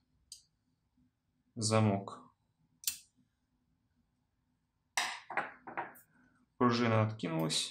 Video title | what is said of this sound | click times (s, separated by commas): Кольт 1911А1 от WE и 3D-принтер, часть 2. Сборка | на место и чтобы он зафиксировался надо повернуть замок | 0.3 s